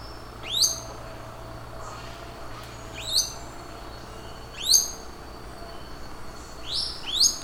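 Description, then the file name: Long-tailed broadbill calls: loud, piercing whistled notes sliding steeply downward, given singly about every one and a half to two and a half seconds, ending with a quick pair, over faint background hiss. "psarisomus dalhousiae"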